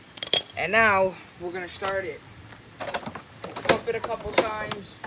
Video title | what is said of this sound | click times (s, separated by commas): Lawnmower spark plug swap | And then when you hear a click, that's when it's good. | 0.3 s